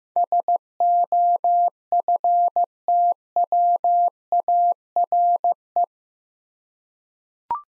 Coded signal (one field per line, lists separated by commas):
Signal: Morse code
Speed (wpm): 15 wpm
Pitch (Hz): 700 Hz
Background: none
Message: SOFTWARE